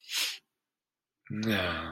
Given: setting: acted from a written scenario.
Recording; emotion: vocal sound without words; sadness